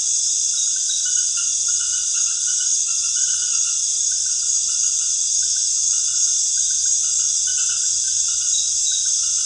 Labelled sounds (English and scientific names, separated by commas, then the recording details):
none
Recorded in secondary vegetation near Puerto Asís, Putumayo, Colombia, on 23 June 2025 at 19:00
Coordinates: 0.498, -76.327
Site GP09